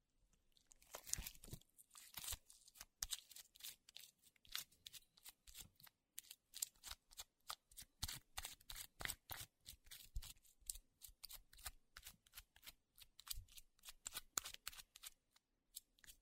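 Slime being squished and pressed by hand, giving off a dense run of wet, crackly pops and clicks. The bright snapping bursts come in quick, uneven clusters for the whole stretch, with short silent gaps between squeezes.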